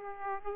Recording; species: mosquito wingbeat signal from an infrared sensor; Aedes aegypti